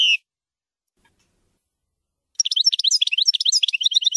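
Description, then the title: European goldfinch twittering song: a brief opening note, then a silent gap of about two seconds, then a rapid jumble of high chirping notes running to the end. "Chant Chardonneret"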